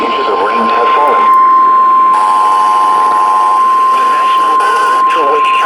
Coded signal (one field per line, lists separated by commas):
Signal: Emergency Alert System (SAME) tones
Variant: 1050 Hz attention tone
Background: speech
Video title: From TORs to Random Alerts (EAS Alerts from 7/28/2026) (EAS #1190-1283)